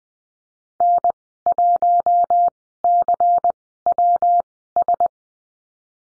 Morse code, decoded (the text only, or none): N1CWS